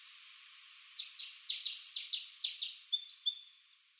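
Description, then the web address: Red crossbill calling: after a second of quiet, a quick burst of sharp downslurred chip notes, then two thin level whistled notes near the end. Recorded at Shimokita on 27 March 2012. "koe isuka 120327 shimokita mikami"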